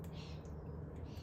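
A plastic wiring connector is being handled and pushed back onto a newly installed water (engine coolant) temperature sensor on a CE Lancer 1.8L (4G93). Only a steady low-pitched background noise is heard, with no sharp sounds. Nothing has seated or clicked yet.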